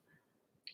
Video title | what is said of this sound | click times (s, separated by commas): HARDWARE UPGRADE | you hear the little snap | 0.7 s